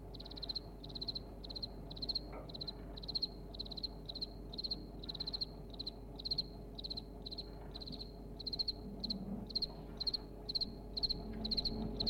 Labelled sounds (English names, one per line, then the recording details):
House Cricket
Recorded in captivity
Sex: male
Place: DE
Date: 1962-02-09 15:45
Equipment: Smaragd, Grundig-Mikrofon
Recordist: unbekannt, keine Angabe